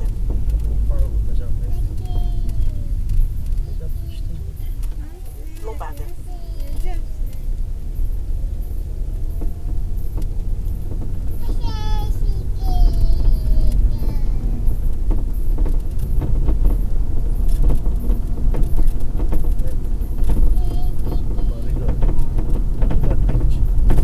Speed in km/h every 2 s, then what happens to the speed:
33, 22, 13, 19, 29, 39, 47, 53, 57, 60, 61, 61.
0-5 brakes to 13. 5-24 speeds up to 61.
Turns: none.